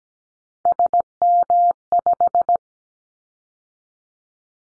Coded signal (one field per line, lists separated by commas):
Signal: Morse code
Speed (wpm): 17 wpm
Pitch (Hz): 700 Hz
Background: none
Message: SM5